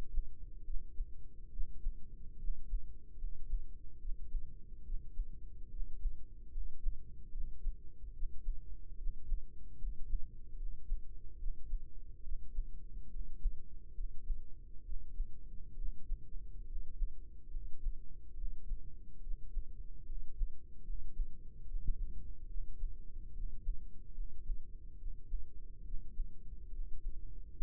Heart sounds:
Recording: heart sounds by microphone in the right ear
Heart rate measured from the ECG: 71 bpm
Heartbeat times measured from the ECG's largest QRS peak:
0.62 s: heartbeat
1.49 s: heartbeat
2.36 s: heartbeat
3.16 s: heartbeat
3.97 s: heartbeat
4.82 s: heartbeat
5.68 s: heartbeat
6.50 s: heartbeat
7.29 s: heartbeat
8.11 s: heartbeat
8.95 s: heartbeat
9.76 s: heartbeat
10.55 s: heartbeat
11.36 s: heartbeat
12.21 s: heartbeat
13.08 s: heartbeat
13.92 s: heartbeat
14.82 s: heartbeat
15.74 s: heartbeat
16.64 s: heartbeat
17.49 s: heartbeat
18.33 s: heartbeat
19.19 s: heartbeat
20.04 s: heartbeat
20.82 s: heartbeat
21.64 s: heartbeat
22.46 s: heartbeat
23.31 s: heartbeat
24.12 s: heartbeat
24.96 s: heartbeat
25.82 s: heartbeat
26.69 s: heartbeat
27.55 s: heartbeat
From the record:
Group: healthy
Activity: rest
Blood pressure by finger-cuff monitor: 114/67 mmHg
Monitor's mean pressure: 78 mmHg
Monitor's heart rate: 71 bpm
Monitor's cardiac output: 5.1 L/min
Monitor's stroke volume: 72 mL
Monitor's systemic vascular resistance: 1100 dyn s/cm5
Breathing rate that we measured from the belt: 17 breaths a minute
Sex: male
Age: 20 years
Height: 167 cm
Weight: 61 kg

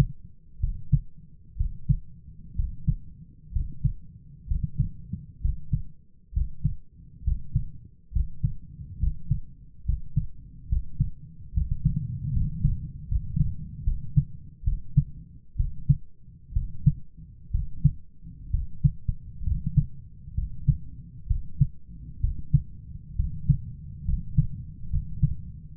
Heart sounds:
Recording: heart sounds by stethoscope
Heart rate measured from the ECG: 67 bpm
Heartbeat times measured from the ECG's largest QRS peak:
0.59 s: heartbeat
1.56 s: heartbeat
2.55 s: heartbeat
3.52 s: heartbeat
4.47 s: heartbeat
5.40 s: heartbeat
6.32 s: heartbeat
7.23 s: heartbeat
8.11 s: heartbeat
8.98 s: heartbeat
9.84 s: heartbeat
10.68 s: heartbeat
11.53 s: heartbeat
12.32 s: heartbeat
13.07 s: heartbeat
13.83 s: heartbeat
14.63 s: heartbeat
15.55 s: heartbeat
16.52 s: heartbeat
17.50 s: heartbeat
18.50 s: heartbeat
19.43 s: heartbeat
20.34 s: heartbeat
21.26 s: heartbeat
22.20 s: heartbeat
23.15 s: heartbeat
24.04 s: heartbeat
24.89 s: heartbeat
From the record:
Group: healthy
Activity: rest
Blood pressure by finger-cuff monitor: 118/70 mmHg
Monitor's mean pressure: 85 mmHg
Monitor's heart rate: 65 bpm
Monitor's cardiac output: 7.4 L/min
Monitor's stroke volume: 114 mL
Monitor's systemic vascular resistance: 850 dyn s/cm5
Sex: male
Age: 23 years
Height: 178 cm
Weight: 96.6 kg

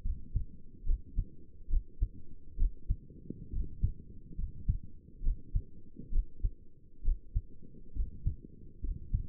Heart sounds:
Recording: heart sounds by stethoscope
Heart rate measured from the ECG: 68 bpm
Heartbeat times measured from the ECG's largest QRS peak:
0.05 s: heartbeat
0.87 s: heartbeat
1.70 s: heartbeat
2.59 s: heartbeat
3.53 s: heartbeat
4.38 s: heartbeat
5.24 s: heartbeat
6.13 s: heartbeat
7.05 s: heartbeat
7.96 s: heartbeat
8.83 s: heartbeat
From the record:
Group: healthy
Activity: rest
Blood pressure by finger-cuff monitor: 67/47 mmHg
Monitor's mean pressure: 55 mmHg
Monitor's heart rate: 70 bpm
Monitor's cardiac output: 5.8 L/min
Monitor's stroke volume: 84 mL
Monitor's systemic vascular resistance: 660 dyn s/cm5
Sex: male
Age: 22 years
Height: 181 cm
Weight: 79 kg

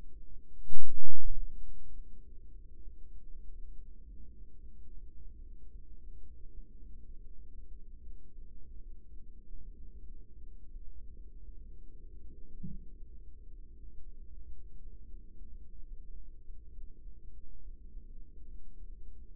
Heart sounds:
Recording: heart sounds by microphone in the right ear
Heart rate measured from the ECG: 74 bpm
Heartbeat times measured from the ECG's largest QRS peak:
0.68 s: heartbeat
1.61 s: heartbeat
2.48 s: heartbeat
3.26 s: heartbeat
4.03 s: heartbeat
4.84 s: heartbeat
5.68 s: heartbeat
6.50 s: heartbeat
7.24 s: heartbeat
7.98 s: heartbeat
8.77 s: heartbeat
9.59 s: heartbeat
10.38 s: heartbeat
11.10 s: heartbeat
11.84 s: heartbeat
12.64 s: heartbeat
13.48 s: heartbeat
14.28 s: heartbeat
15.03 s: heartbeat
15.82 s: heartbeat
16.68 s: heartbeat
17.58 s: heartbeat
18.45 s: heartbeat
19.27 s: heartbeat
From the record:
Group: healthy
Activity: cold pressor test 0-16 s, rest 16-19 s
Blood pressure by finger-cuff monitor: 106/63 mmHg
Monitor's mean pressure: 80 mmHg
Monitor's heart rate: 75 bpm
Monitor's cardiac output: 6.5 L/min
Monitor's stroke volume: 86 mL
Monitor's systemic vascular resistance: 900 dyn s/cm5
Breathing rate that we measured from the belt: 15 breaths a minute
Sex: female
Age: 24 years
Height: 163 cm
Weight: 55.7 kg

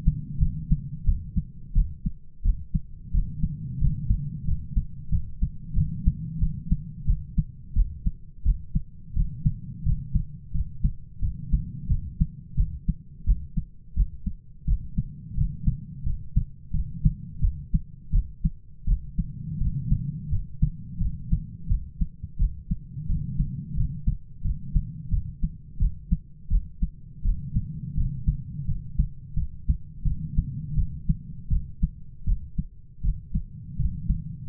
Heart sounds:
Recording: heart sounds by stethoscope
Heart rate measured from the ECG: 86 bpm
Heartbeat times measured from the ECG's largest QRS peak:
0.39 s: heartbeat
1.05 s: heartbeat
1.74 s: heartbeat
2.43 s: heartbeat
3.12 s: heartbeat
3.80 s: heartbeat
4.46 s: heartbeat
5.11 s: heartbeat
5.75 s: heartbeat
6.40 s: heartbeat
7.06 s: heartbeat
7.74 s: heartbeat
8.44 s: heartbeat
9.14 s: heartbeat
9.84 s: heartbeat
10.53 s: heartbeat
11.21 s: heartbeat
11.88 s: heartbeat
12.56 s: heartbeat
13.25 s: heartbeat
13.95 s: heartbeat
14.66 s: heartbeat
15.36 s: heartbeat
16.04 s: heartbeat
16.72 s: heartbeat
17.41 s: heartbeat
18.11 s: heartbeat
18.86 s: heartbeat
19.59 s: heartbeat
20.30 s: heartbeat
20.99 s: heartbeat
21.68 s: heartbeat
22.38 s: heartbeat
23.07 s: heartbeat
23.76 s: heartbeat
24.43 s: heartbeat
25.10 s: heartbeat
25.78 s: heartbeat
26.49 s: heartbeat
27.23 s: heartbeat
27.96 s: heartbeat
28.66 s: heartbeat
29.35 s: heartbeat
30.04 s: heartbeat
30.75 s: heartbeat
31.49 s: heartbeat
32.25 s: heartbeat
33.02 s: heartbeat
33.78 s: heartbeat
34.48 s: heartbeat
From the record:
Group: healthy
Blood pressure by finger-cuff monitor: 115/66 mmHg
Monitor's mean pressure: 83 mmHg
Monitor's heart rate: 87 bpm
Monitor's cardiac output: 8.6 L/min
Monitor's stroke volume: 100 mL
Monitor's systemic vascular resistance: 690 dyn s/cm5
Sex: male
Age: 33 years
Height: 179 cm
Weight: 80.4 kg

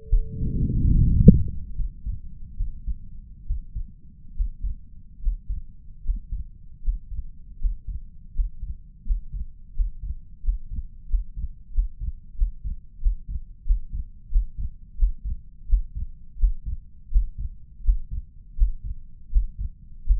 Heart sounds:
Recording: heart sounds by stethoscope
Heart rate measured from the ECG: 81 bpm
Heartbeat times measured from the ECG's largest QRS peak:
0.09 s: heartbeat
1.01 s: heartbeat
1.74 s: heartbeat
2.56 s: heartbeat
3.45 s: heartbeat
4.34 s: heartbeat
5.20 s: heartbeat
6.02 s: heartbeat
6.81 s: heartbeat
7.58 s: heartbeat
8.33 s: heartbeat
9.04 s: heartbeat
9.73 s: heartbeat
10.42 s: heartbeat
11.07 s: heartbeat
11.72 s: heartbeat
12.35 s: heartbeat
13.00 s: heartbeat
13.64 s: heartbeat
14.29 s: heartbeat
14.96 s: heartbeat
15.67 s: heartbeat
16.37 s: heartbeat
17.10 s: heartbeat
17.82 s: heartbeat
18.55 s: heartbeat
19.30 s: heartbeat
20.04 s: heartbeat
From the record:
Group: healthy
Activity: rest 0-2 s, breath hold 2-20 s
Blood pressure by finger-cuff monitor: 141/91 mmHg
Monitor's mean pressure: 109 mmHg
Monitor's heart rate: 81 bpm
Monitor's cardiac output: 5.2 L/min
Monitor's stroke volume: 62 mL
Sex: male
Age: 35 years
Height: 178 cm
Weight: 64 kg

